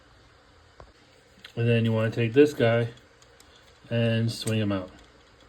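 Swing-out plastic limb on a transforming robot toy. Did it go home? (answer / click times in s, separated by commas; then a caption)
no / none. A swing-out plastic limb on a transforming robot toy is handled and swung out while someone talks, with only a few faint handling ticks. Nothing has seated or clicked yet; the limb is not yet snapped into place.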